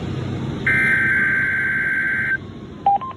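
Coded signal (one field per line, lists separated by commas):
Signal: Emergency Alert System (SAME) tones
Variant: header bursts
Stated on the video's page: Required Weekly Test heard on NOAA Weather Radio transmitters KEC95 and KHB31.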